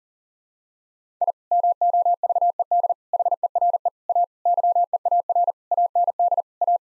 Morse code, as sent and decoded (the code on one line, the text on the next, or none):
.. / -- --- ...- . -.. / .... . .-. . / .- / -.-- . .- .-. / .- -. -.. / .-
I MOVED HERE A YEAR AND A